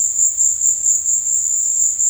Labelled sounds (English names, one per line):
none